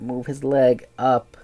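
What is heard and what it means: Someone talks while handling the tight plastic leg joint of an action figure, moving the leg up. Only speech is heard; the joint has not snapped into place yet and nothing has clicked.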